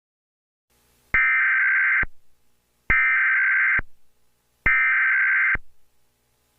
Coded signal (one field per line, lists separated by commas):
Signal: Emergency Alert System (SAME) tones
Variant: header bursts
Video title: EAS SCENARIO SPECIAL #1 - Flash Flood Getdown